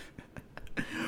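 Four or five short, soft cough bursts in quick succession from an adult man, like light throat-clearing coughs, put down to lactose intolerance.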